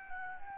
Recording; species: mosquito wingbeat signal from an infrared sensor; Aedes albopictus